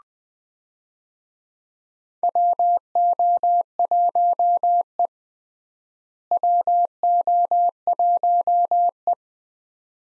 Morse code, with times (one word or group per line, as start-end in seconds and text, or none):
2.2-5.1 WO1E
6.3-9.1 WO1E